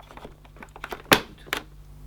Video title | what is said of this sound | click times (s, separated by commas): Sebo Automatic X7 Upright Vacuum Cleaner Unboxing & Review | that and then you can just place back the filter cover until it clicks into position another | 1.1 s